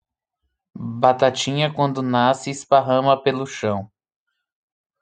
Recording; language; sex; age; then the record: short text; Brazilian Portuguese; male; 20 to 29 years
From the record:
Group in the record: control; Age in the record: 27 years